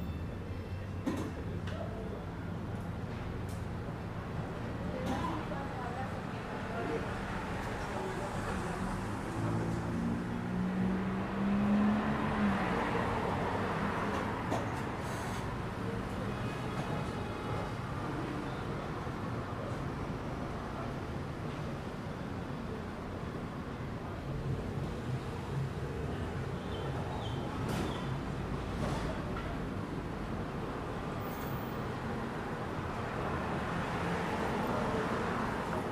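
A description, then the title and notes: Waiting in a hotel lobby in Playa Del Carmen, with a steady low rumble of road noise running through the whole stretch. Murmured talking drifts in and out, and occasional short clicks and knocks break the even, dense background. Waiting In The Hotel Lobby (Ambient Sounds, Road Noise, Talking). At our hotel in Playa Del Carmen, Mexico waiting in the lobby for check. The hotel lobby is an indoor/outdoor space so you will hear road noise. Spanish Speaking.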